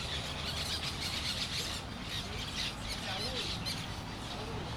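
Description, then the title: Parrot flock calls, constant screechy chattering from many birds at once, with a continuous low background rumble. Parrots at sunset in Crespo. "Loros En Crespo"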